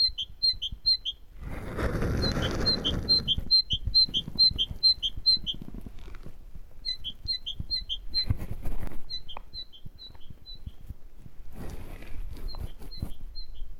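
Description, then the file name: Great tit giving repeated two-note phrases, high then lower, in quick series with pauses between runs; loud bursts of rushing noise break in now and then. "Parus major"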